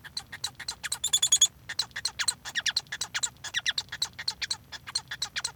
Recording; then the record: song of a male Bengalese finch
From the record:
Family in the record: son of father 1